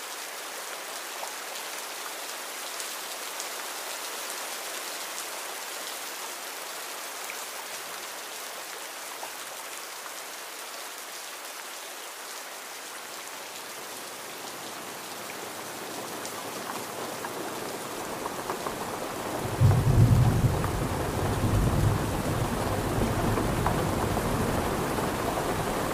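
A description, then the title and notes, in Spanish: Steady rain hisses throughout, a dense, even patter with little low end for the first half. From about 15 seconds a deep rumble of thunder builds, swelling to a loud roll near 20 seconds and then lingering as a low, grumbling tail under the continuing rain. Sonidos de Tormentas y Lluvia.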